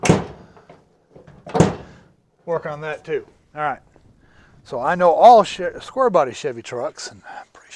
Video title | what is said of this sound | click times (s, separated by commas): CUCV/Squarebody Chevy Door Striker Bolt Install, Adjustment, Hinge Checking and Lubrication. | Yes, I talked about it in a different video, and you hear this click, that funk. | 0.1 s